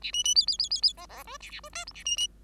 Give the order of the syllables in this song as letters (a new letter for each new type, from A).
A B B C C C C C D D E A A E F G A B B